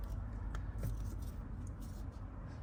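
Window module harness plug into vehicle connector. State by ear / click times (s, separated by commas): seated / 0.6 s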